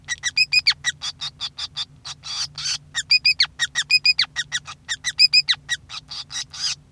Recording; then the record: song of a male Bengalese finch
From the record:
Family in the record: son of father 5